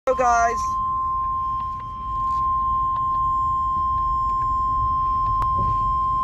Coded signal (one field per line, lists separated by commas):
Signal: Emergency Alert System (SAME) tones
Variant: 1050 Hz attention tone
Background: speech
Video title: EAS 988-989: PBZ SVR